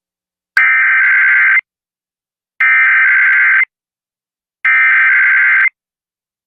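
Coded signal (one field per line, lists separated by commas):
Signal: Emergency Alert System (SAME) tones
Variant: header bursts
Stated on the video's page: Tornado warning relayed from NOAA Weather Radio and local area emergency from county emergency office via IPAWS CAP, apparently relayed on weather radio, received on AM broadcast station.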